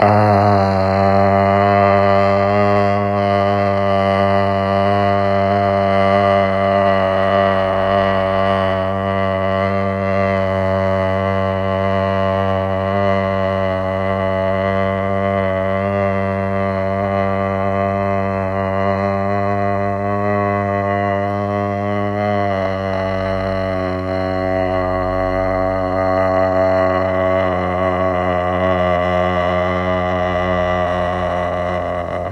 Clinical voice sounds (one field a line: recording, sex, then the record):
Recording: sustained vowel /a/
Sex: male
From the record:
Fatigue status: no fatigue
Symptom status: asymptomatic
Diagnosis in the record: COVID-19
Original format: m4a